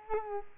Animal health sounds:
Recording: mosquito wingbeat signal from an infrared sensor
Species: Culex quinquefasciatus

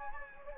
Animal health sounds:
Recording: mosquito wingbeat signal from an infrared sensor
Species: Anopheles gambiae

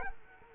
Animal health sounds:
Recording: mosquito wingbeat signal from an infrared sensor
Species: Culex quinquefasciatus

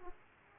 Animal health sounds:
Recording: mosquito wingbeat signal from an infrared sensor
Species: Aedes aegypti

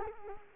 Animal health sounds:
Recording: mosquito wingbeat signal from an infrared sensor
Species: Culex quinquefasciatus

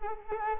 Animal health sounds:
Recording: mosquito wingbeat signal from an infrared sensor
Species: Culex quinquefasciatus

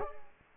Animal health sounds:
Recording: mosquito wingbeat signal from an infrared sensor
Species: Culex pipiens

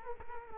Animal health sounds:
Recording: mosquito wingbeat signal from an infrared sensor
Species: Culex quinquefasciatus

